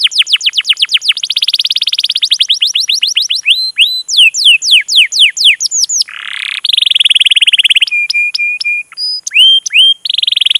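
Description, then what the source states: Canary song, loud and varied: rapid sweeping trills, slower rising and falling whistled notes, a rough buzzy burst, then short steady whistles and renewed trilling. Canary song used as a lure to prompt other canaries to sing; long, energetic singing.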